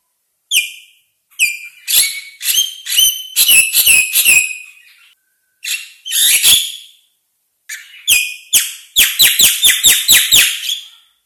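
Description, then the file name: Javan myna song of loud harsh, buzzy bursts mixed with clear whistled notes, delivered in rapid phrases with short pauses between them. Vigorous, sustained singing ('gacor'). "suara jalak kebo gacor"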